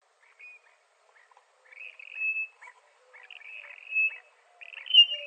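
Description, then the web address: Western grebe giving grating, buzzy notes that swell into longer rasping calls, with faint lower tones beneath and a quiet background. Recorded in Arizona on 14 May 2005. "Loons Grebes WEGR 051405"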